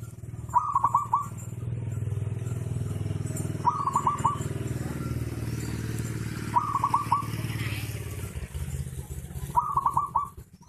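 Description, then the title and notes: Zebra dove song, a quick trill of soft cooing notes repeated every three seconds, four phrases in all, against a constant low motor hum. Used to train (master) other birds. "Kupulan Burung Perkutut. burung perkutut yang bisa digunakan untuk memaster"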